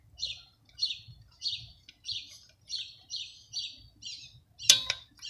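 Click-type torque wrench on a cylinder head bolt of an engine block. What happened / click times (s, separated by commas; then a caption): The torque wrench clicked at its setting / 4.7 s. A click-type torque wrench is turned on head bolt four of a Dodge Ram 4.7 cylinder head on the engine block, checked to see how much it turns before reaching its setting. A steady series of short, bright bursts repeats, then the wrench gives a sharp, loud click at 4.7 s. The bolt reaches the set torque and checks out good.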